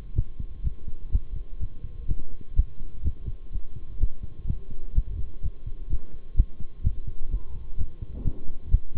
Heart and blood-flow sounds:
heart sounds by stethoscope; between the tricuspid and mitral areas; 126 bpm
0.16 s: heartbeat
0.64 s: heartbeat
1.12 s: heartbeat
1.60 s: heartbeat
2.08 s: heartbeat
2.56 s: heartbeat
3.04 s: heartbeat
3.52 s: heartbeat
4.00 s: heartbeat
4.47 s: heartbeat
4.95 s: heartbeat
5.42 s: heartbeat
5.90 s: heartbeat
6.36 s: heartbeat
6.84 s: heartbeat
7.31 s: heartbeat
7.78 s: heartbeat
8.24 s: heartbeat
8.71 s: heartbeat
From the record:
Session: bicycle stress test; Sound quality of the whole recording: good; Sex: male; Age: 23 years

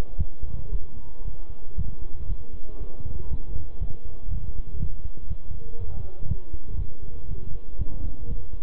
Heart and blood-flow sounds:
heart sounds by stethoscope; between the tricuspid and mitral areas; 118 bpm
0.18 s: heartbeat
0.72 s: heartbeat
1.25 s: heartbeat
1.78 s: heartbeat
2.29 s: heartbeat
2.80 s: heartbeat
3.31 s: heartbeat
3.81 s: heartbeat
4.31 s: heartbeat
4.80 s: heartbeat
5.30 s: heartbeat
5.79 s: heartbeat
6.29 s: heartbeat
6.78 s: heartbeat
7.28 s: heartbeat
7.79 s: heartbeat
8.29 s: heartbeat
From the record:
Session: bicycle stress test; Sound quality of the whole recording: good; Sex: male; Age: 23 years

